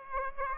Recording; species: mosquito wingbeat signal from an infrared sensor; Aedes aegypti